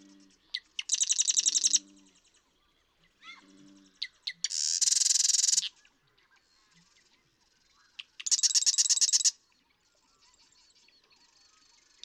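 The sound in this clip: Marsh Wren singing three mechanical, rattling trills, each about a second long and preceded by sharp clicks, with gaps of roughly three seconds between songs.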